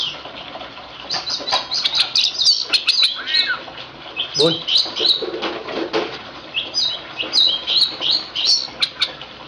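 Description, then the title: Oriental magpie-robin song, a continuous jumble of high twitters and chips with a few harsher squawky notes mixed in. Kacer poci, national champion competition bird; song described as gacor, nembak and ngerol; recording presents seven kinds of kacer song, three minutes each. "Kacer Poci Gacor Nembak Dan Ngerol Juara Nasional. 7 macam suara kacer setiap 3 menit"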